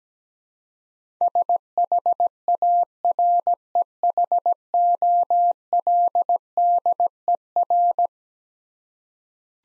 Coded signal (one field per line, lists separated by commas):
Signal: Morse code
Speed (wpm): 17 wpm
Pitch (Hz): 700 Hz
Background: none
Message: SHAREHOLDER